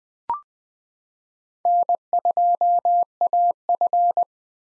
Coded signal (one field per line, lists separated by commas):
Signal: Morse code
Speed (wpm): 21 wpm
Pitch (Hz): 700 Hz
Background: none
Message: N2AF